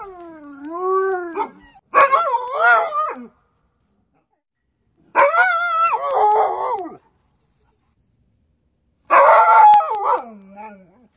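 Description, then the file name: Dog making a run of wavering, whining howls in four separate bursts, each rising and dipping in pitch, with short silent gaps between. Dog barking. "Sobaka - Lay sobaki"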